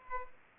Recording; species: mosquito wingbeat signal from an infrared sensor; Aedes aegypti